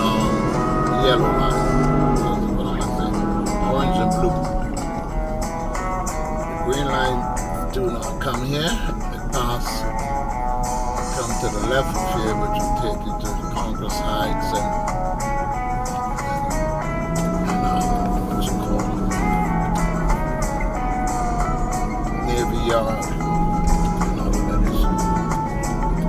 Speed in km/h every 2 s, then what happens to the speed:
23, 34, 37, 37, 32, 29, 29, 31, 31, 35, 40, 40, 44.
0-4 speeds up to 37. 6-9 slows to 29. 13-26 speeds up to 44.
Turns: none.